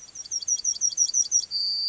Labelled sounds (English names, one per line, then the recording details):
Yellowhammer song
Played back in grassland
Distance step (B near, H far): C
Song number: 148